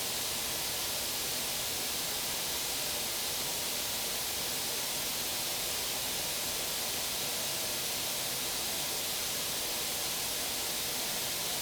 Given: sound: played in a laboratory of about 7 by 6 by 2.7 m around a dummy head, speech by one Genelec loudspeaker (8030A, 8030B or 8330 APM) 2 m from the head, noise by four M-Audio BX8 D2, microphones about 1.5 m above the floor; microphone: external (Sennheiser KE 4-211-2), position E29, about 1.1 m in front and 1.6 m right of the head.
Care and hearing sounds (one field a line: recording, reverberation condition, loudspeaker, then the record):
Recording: white noise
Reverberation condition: medium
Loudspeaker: four, about 170 cm from the corners of the room and facing them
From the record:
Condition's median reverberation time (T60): about 510 ms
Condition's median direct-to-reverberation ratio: about -0.5 dB